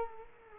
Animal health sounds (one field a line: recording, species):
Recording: mosquito wingbeat signal from an infrared sensor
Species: Culex quinquefasciatus